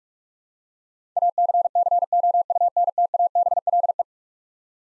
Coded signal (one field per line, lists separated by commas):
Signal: Morse code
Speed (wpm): 46 wpm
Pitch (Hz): 700 Hz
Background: none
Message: ACCOUNTABLE